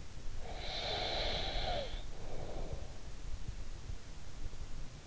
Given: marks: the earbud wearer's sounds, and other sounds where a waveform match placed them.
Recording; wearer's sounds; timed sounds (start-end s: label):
sounds in sleep by an in-ear microphone; breath
0.25-2.88 s: breath